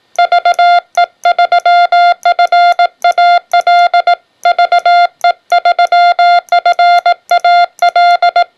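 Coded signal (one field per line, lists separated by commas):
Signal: Morse code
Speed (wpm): 18 wpm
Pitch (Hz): 700 Hz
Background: none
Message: VE3FAL VE3FAL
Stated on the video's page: Paddle keying on a Xiegu X5105 transceiver after a key jack modification.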